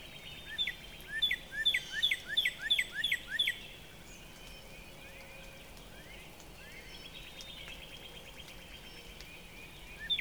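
Northern Cardinal giving a rapid run of about eight repeated down-slurred whistles in the first few seconds, followed by a long quieter stretch and a last note at the end.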